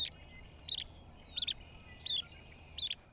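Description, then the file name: Teal whistled calls, short bright notes repeated roughly every two-thirds of a second, about five in a row, over a faint steady background hiss. "Tiny Teal Ducks"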